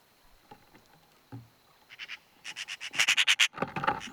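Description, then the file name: Eurasian magpie breaking into a harsh, rapid rattling chatter after some faint knocks and rustling, the notes growing louder. "Pica pica"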